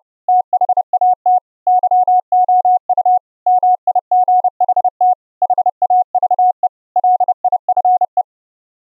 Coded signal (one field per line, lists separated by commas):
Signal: Morse code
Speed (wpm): 31 wpm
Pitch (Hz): 730 Hz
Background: none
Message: THAT YOU MIGHT HAVE LIFE